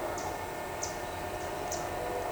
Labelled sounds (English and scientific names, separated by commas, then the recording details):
none
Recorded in shrubland near Pivijay, Magdalena, Colombia, on 17 April 2023 at 07:00
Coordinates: 10.453, -74.365
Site P5-G022